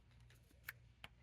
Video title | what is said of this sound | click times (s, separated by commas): Sharpie Cosmic Colors vs. BIC Intensity: Round 2 Showdown! ✨🖊️ | it clicks sound so you know that your marker is closed | 1.0 s